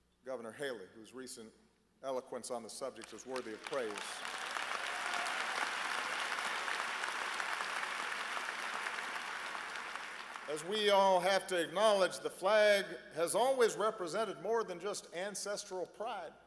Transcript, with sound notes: Governor Haley, whose recent eloquence on the subject is worthy of praise -- (applause) as we all have to acknowledge, the flag has always represented more than just ancestral pride.